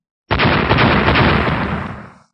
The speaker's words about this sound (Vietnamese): Những tiếng nổ ầm ầm trong nháy mắt thay thế hết thảy mọi tiếng động trên thủy linh tinh, phản phất hóa thành vĩnh hằng quanh quẩn trong tai mọi người ở xung quanh.